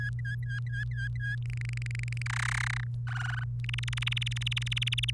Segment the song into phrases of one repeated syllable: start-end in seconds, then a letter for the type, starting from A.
0.00-1.35 A, 1.46-2.22 B, 2.26-2.84 C, 3.06-3.44 D, 3.64-5.10 E